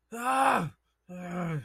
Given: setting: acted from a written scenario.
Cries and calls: vocal sound without words; negative surprise

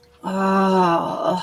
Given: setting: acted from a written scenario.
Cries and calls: vocal sound without words; ecstasy

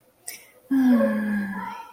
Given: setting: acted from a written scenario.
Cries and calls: vocal sound without words; romantic love

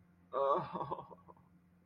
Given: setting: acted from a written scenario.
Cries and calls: vocal sound without words; distress

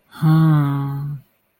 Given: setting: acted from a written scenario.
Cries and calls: vocal sound without words; sadness

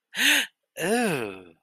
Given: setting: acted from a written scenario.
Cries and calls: vocal sound without words; negative surprise

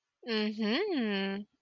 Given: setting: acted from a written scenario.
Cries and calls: vocal sound without words; romantic love

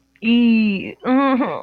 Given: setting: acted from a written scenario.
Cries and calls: vocal sound without words; embarrassment

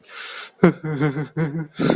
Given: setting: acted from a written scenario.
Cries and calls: vocal sound without words; sadness

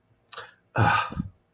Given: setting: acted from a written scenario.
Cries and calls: vocal sound without words; contempt

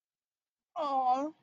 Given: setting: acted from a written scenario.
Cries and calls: vocal sound without words; adoration

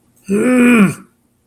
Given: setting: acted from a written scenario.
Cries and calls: vocal sound without words; anger

